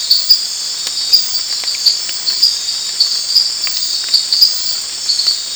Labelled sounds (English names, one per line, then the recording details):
none
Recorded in dense forest near Puerto Asís, Putumayo, Colombia, on 19 March 2025 at 23:30
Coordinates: 0.484, -76.317
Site G064